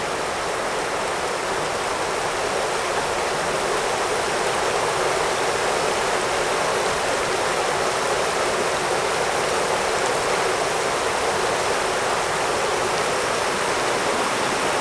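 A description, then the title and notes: A mountain river rushes past in a dense, unbroken roar that stays level for the whole fifteen seconds. The sound is bright and hissing, filled with churning white water, with little low rumble beneath and no other sounds breaking through. PH - Mountain Rivers by Phonophilist.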